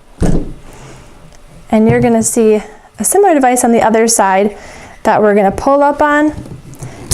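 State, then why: Seated. Someone talks while turning over a Badger Basket 09923 folding double front-to-back doll stroller and pulling up, then pushing down, the second folding frame lock on the other side of the frame. A sharp latch click is heard at 7.1 s as the lock seats.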